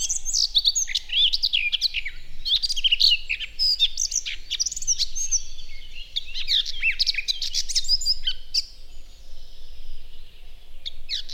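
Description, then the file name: Eurasian blackcap song, a long stream of busy, high, scratchy warbling with sharp clicks and slurred whistles, easing off near the end. "Sylvia atricapilla"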